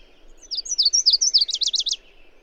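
Bird delivering one high, rapid song phrase: a string of piercing descending notes that breaks into a tight, buzzy trill.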